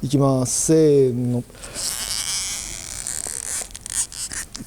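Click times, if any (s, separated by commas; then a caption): 3.9 s. Someone talks, then presses down on the child-resistant screw cap of a bottle of aluminium blackening chemical and turns it clockwise, with light ticking as it turns. The cap clicks at 3.9 s, and turning it back the other way releases it open.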